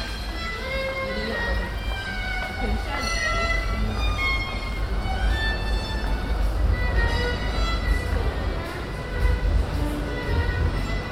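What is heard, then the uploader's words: Pedestrians and cyclists pass through a passageway while a viola plays, its sustained bowed notes forming bright horizontal lines through most of the recording. Voices murmur underneath, with a steady low rumble resembling traffic or trains, and soft clicks and footsteps scattered throughout. Pedestrians, cyclists and a violist at the Turfmarkt; a passageway between the Central Station and the city centre.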